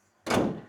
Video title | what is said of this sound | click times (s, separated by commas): Innova Hycross Episode 2 #vellore #vkrps007 #youtube | lock ஆயிடுச்சுன்னு நினைக்கிறேன். | 0.3 s